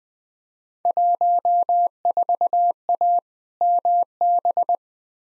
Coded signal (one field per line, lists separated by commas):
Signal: Morse code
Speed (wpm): 21 wpm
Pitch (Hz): 700 Hz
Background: none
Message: 14A MB